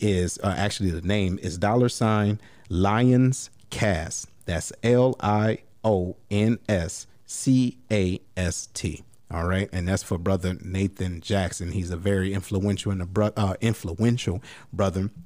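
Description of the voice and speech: A man speaks in a clear, steady low voice, spelling out a fundraising handle letter by letter; ordinary fluent speech.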